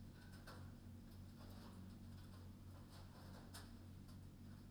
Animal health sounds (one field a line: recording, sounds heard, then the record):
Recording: poultry house recording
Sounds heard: no chicken sound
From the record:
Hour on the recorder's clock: 22